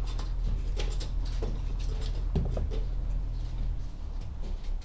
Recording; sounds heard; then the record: poultry house recording; no chicken sound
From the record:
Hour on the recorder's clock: 14